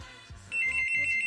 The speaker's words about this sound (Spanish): Ahí están llamando por teléfono.